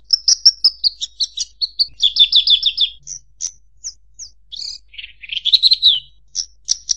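Bird singing a lively medley of high chirps, quick rattled trills and scattered sharp notes, with a rising warbled flourish near the end.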